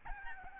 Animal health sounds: mosquito wingbeat signal from an infrared sensor; Aedes albopictus

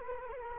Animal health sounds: mosquito wingbeat signal from an infrared sensor; Culex quinquefasciatus

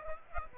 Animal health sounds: mosquito wingbeat signal from an infrared sensor; Aedes aegypti

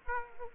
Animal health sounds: mosquito wingbeat signal from an infrared sensor; Aedes aegypti

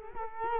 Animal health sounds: mosquito wingbeat signal from an infrared sensor; Culex quinquefasciatus

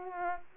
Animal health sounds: mosquito wingbeat signal from an infrared sensor; Aedes aegypti

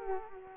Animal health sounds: mosquito wingbeat signal from an infrared sensor; Culex quinquefasciatus

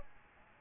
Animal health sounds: mosquito wingbeat signal from an infrared sensor; Aedes albopictus

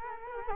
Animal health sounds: mosquito wingbeat signal from an infrared sensor; Culex quinquefasciatus

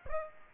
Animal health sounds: mosquito wingbeat signal from an infrared sensor; Aedes aegypti

